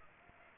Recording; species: mosquito wingbeat signal from an infrared sensor; Culex pipiens